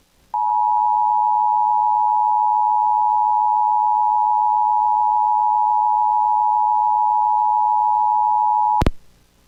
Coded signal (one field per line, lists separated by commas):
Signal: Emergency Alert System (SAME) tones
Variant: 853 and 960 Hz attention tone